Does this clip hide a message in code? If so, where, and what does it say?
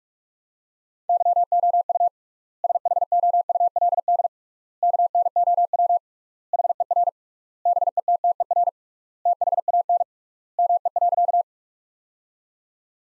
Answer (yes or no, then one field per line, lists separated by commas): yes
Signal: Morse code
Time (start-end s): 1.1-11.4 s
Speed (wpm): 42 wpm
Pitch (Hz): 700 Hz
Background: none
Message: YOU SHOULD KNOW HER BETTER THAN ME.